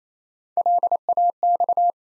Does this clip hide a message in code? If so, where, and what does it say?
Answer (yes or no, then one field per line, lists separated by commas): yes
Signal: Morse code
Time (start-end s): 0.6-1.9 s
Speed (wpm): 27 wpm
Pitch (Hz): 700 Hz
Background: none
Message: LAX